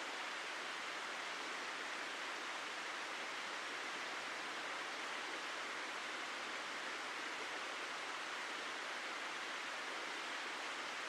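Rushing water fills the Ancient Forest Preserve with a steady, dense hiss, bright and unchanging throughout, with no distinct events breaking through.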